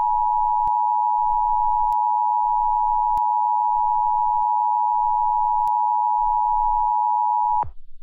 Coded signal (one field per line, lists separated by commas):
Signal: Emergency Alert System (SAME) tones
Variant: 853 and 960 Hz attention tone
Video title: EAS Scenario #5 2021